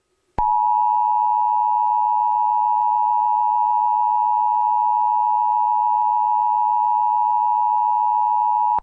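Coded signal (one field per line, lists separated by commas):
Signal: Emergency Alert System (SAME) tones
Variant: 853 and 960 Hz attention tone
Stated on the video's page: Fictional blizzard EAS scenario made with KineMaster and a narrator voice app.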